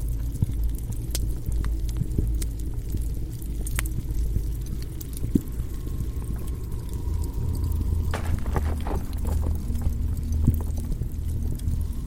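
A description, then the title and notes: A dense, rumbling underworld ambience of deep churning lava and flame, steady throughout, with scattered sharp cracks and knocks like falling rock, busiest after eight seconds. Underworld asmr ambience. Abyss of hell.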